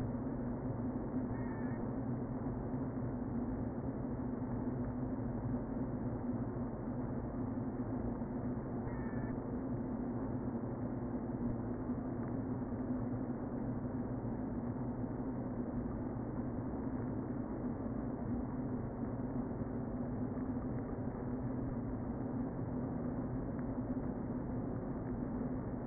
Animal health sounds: honeybee colony, microphone inside the hive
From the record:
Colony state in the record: queen present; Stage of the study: before two queens were removed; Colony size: about 60,000 bees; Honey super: yes

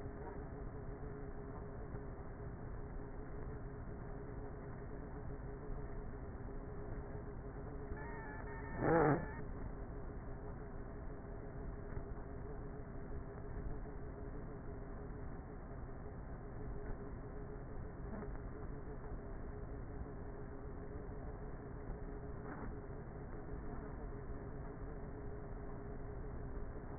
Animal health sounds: honeybee colony, microphone inside the hive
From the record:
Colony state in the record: queenless with a low population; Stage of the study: before two queens were removed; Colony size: about 30,000 bees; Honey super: no

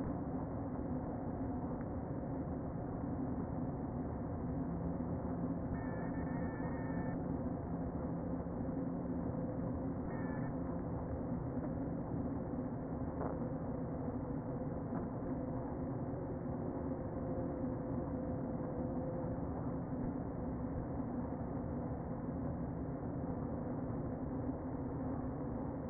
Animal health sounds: honeybee colony, microphone inside the hive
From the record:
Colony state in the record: queen present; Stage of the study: before two queens were removed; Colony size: about 60,000 bees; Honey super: yes

